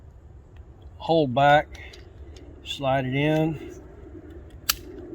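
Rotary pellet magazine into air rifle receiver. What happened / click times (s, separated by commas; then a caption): The magazine clicked home in the receiver / 4.7 s. A rotary pellet magazine is slid into the side of a semi-auto Marauder air rifle receiver while the bolt is held back. Someone talks, then a sharp click at 4.7 s marks the magazine seating all the way in, sitting flush.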